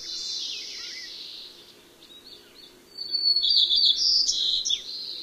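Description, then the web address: White-crowned Sparrow song: high whistled notes followed by a bright buzzy trill near the end. Common western species of North America. "Know Your Bird Sounds Common Western Species. White-crowned Sparrow"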